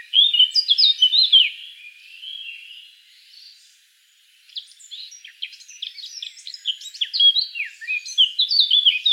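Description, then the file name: Eurasian blackcap song: a loud, clear fluty phrase, a soft quiet chatter and brief pause, then a long stretch of rapid, varied scratchy warbling notes. "Sylvia atricapilla"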